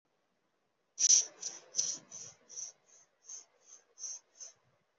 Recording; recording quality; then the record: shallow breathing; excellent, no background noise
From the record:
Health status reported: healthy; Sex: male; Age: 23 years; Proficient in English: yes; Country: India